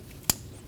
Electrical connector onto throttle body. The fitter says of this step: Install the connector for the throttle body. Push until you hear a click.